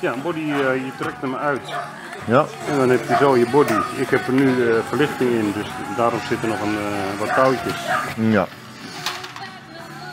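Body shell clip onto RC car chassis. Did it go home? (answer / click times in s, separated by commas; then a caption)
yes / 9.1 s. The plastic body shell of a 1/28 scale RC car is tucked under at one end, its clip is pulled open, and it is snapped over the chassis while someone talks. A sharp click at 9.1 s, followed by a softer sound at 9.4 s, marks the clip seating over the chassis and holding the body fast.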